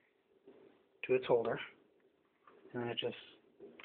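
Someone talks while the keyboard ribbon cable is handled and guided back toward its connector holder on the motherboard of an Acer Aspire One D260 netbook, with a few faint, brief handling sounds near the end. Nothing has seated or clicked yet; the cable is not yet home when the clip ends.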